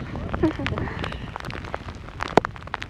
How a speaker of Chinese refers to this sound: 这地马上就白了哈。 哎，这1分钟不到了， 1分钟不到，录音机上现在全是冰雹。